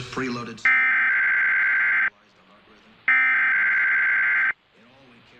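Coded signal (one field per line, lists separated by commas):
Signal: Emergency Alert System (SAME) tones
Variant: header bursts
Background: speech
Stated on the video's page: Required monthly test on a digital TV subchannel.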